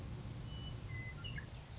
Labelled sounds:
Western Meadowlark
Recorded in Sonoma County, California

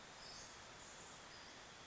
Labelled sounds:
Western Flycatcher
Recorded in Sonoma County, California

